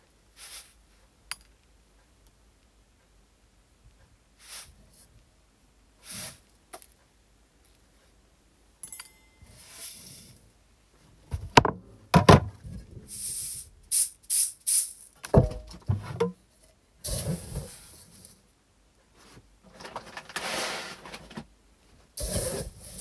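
Hulled brown rice is checked by hand after sorting, heard as short bursts of grainy rustling and pouring with quiet gaps between. The first ten seconds hold only a few scattered sweeps and clicks; after that the rustles come thicker, louder and more frequent.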